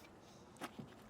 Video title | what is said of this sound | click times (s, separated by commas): etrailer - Test Fit: RockyMounts AfterParty Swing Away Bike Rack for 2 Bikes on a 2021 Dodge Durango | one and two you can hear them click but you can also see that if they're dropped | 0.6 s